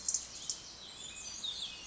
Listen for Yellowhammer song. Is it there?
no